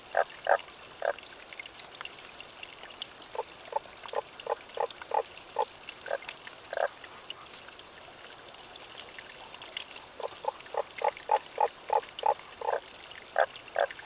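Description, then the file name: Tago's brown frog calling in several bouts of short croaking notes repeated in quick series. Recorded 30 May 2009 at 23:50. "tagogaeru-20090530-2350"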